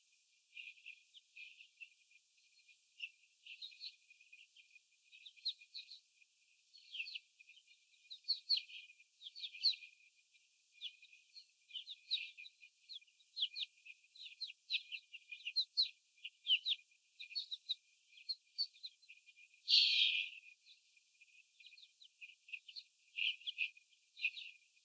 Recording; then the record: young laying hens in a cage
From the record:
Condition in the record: after the stressor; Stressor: sudden umbrella opening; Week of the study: 3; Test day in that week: 2